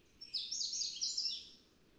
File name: Scarlet Tanager